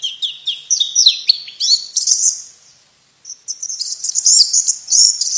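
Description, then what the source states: White-eye calling, a fast high twittering warble of slurred notes, pausing briefly midway and then resuming with denser chirping. Female; Indonesian name pleci.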